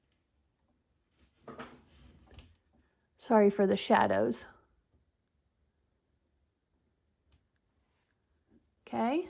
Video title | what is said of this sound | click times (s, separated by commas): Sewing for Beginners: How to Wind and Load a Bobbin! (Featuring PooLin EOC02 Sewing Machine) | your bobbin down on the spindle here and listen to it click. | 2.4 s